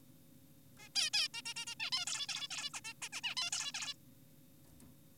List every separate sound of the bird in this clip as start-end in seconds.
0.78-0.89, 0.96-1.10, 1.14-1.28, 1.34-1.42, 1.46-1.53, 1.56-1.65, 1.67-1.75, 1.80-1.91, 1.92-2.05, 2.07-2.26, 2.29-2.48, 2.51-2.70, 2.74-2.80, 2.85-2.94, 3.02-3.09, 3.13-3.21, 3.24-3.35, 3.37-3.50, 3.52-3.72, 3.74-3.94